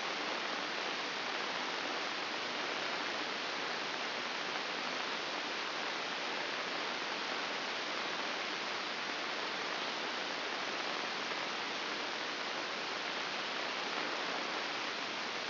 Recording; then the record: brain microelectrode recording played as sound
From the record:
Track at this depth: outside the subthalamic nucleus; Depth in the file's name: 6.461 mm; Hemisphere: left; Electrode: 2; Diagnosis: Parkinson's disease